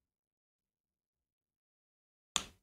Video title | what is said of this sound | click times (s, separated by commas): Building My First Custom Keyboard - Zoom65 V3 Build | there we go pops right in | 2.4 s